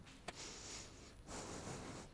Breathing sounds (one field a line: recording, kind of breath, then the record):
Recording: one breath in and out by a microphone near the nose and mouth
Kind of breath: strong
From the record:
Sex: male